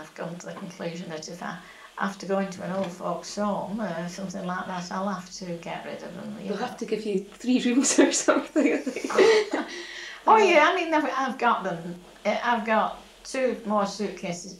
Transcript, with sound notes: And I've come to the conclusion that if I have to go into an old folks' home or something like that I'll have to get rid of them, you know.
They'll have to give you, [laughing] three rooms or something. [laughs]
Oh yeah, I mean I've got them, I've got two more suitcases.